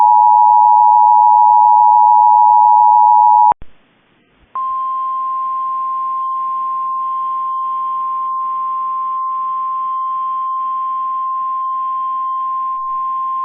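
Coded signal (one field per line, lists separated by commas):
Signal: Emergency Alert System (SAME) tones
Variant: 853 and 960 Hz attention tone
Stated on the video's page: Flash flood warning as carried on Cox cable.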